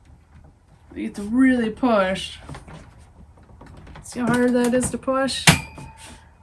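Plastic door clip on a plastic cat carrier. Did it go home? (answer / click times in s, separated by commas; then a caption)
no / none. Someone talks while pushing hard on the plastic door clips of a plastic cat carrier, working them toward shut so the door stays secure and the cat can't get out. The clip ends before the clips snap closed; nothing has clicked yet.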